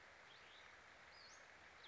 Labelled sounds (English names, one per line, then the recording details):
Western Flycatcher
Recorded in Sonoma County, California